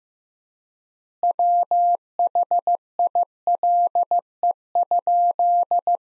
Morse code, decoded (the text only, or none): WHILE?